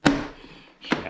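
A small plastic part is refitted onto the housing of a Bissell carpet cleaner, front hooked in first and then pressed down. It snaps into place with a sharp, short hit at 0.1 s, followed by a fading tail and more short knocks near 0.9 s and 1.1 s. The part is seated.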